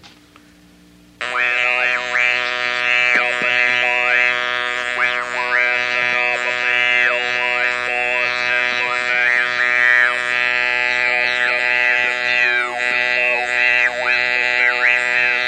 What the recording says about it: Read a brief passage for you with the electrolarynx held in front of my lips a longer sample of speech so uttered. Paragraph from Brideshead Revisited.